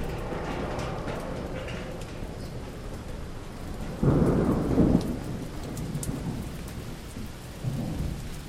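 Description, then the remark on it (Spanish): Steady rain hisses throughout while low thunder rumbles, swelling into a louder roll midway and grumbling again near the end. No one speaks. “Es tiempo del agua.”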